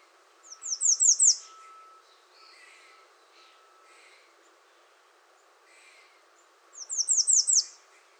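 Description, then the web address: American redstart giving two songs about six seconds apart, each a rapid string of five high, falling notes, with quieter birds calling between. Recorded 21 June 2019. "soundrecordings 2019-06-21 American Redstart"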